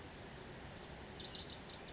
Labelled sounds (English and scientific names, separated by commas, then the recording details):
Lazuli Bunting (Passerina amoena)
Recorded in Sonoma County, California